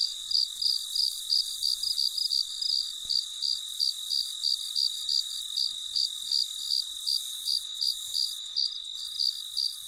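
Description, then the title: Cricket calling with steady, quick chirps about three each second, with a constant high insect chorus behind. Late at night, in deep quiet. "深夜录制蟋蟀昆虫声"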